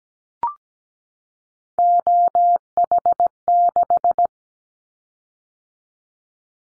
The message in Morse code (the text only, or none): OH6